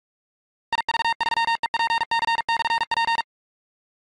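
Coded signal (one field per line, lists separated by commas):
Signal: Morse code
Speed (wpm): 46 wpm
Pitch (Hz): 920 Hz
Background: none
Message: IV3EPC/P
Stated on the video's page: Morse from RufzXP callsign copying practice, a 15,359-point run.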